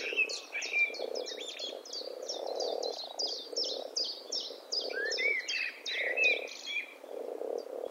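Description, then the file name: Eurasian blackbird calls: rapid series of sharp, high chinking notes with a few thin whistled phrases, over a steady low croaking chorus throughout. "Turdus merula"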